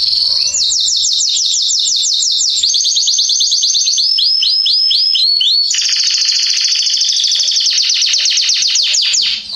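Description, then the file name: Canary song of fast, high rolling trills, shifting between several trilled phrases, continuous and bright throughout. "Canary Voice"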